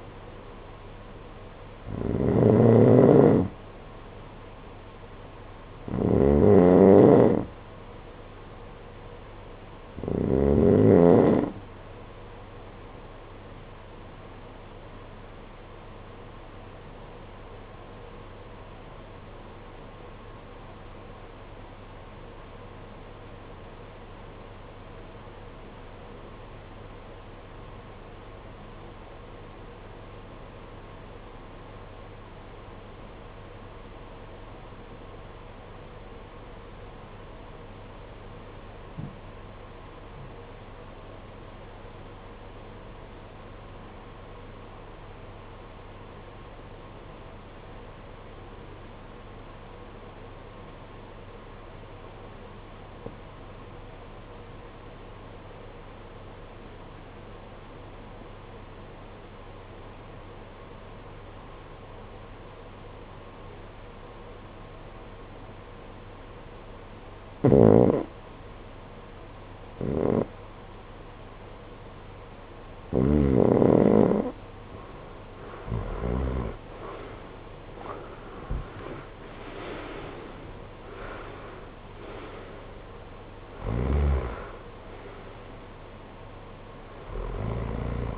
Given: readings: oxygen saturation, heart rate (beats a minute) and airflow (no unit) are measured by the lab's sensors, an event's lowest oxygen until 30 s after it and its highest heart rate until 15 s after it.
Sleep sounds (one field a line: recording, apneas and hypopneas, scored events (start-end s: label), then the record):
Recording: breathing in sleep by a voice recorder at the bedside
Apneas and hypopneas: 1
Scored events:
12.00-88.18 s: new sleep stage, REM sleep
16.00-75.10 s: obstructive apnea (REM, oxygen 92% highest, then 68% lowest, heart rate 55 at the start, 92 highest)
From the record:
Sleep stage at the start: N1 (lightest sleep)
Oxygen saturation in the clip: 69 to 92%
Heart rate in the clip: 49 to 92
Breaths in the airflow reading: 8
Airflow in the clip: -20.4 to 17.3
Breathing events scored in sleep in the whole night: 476 in 9.7 hours asleep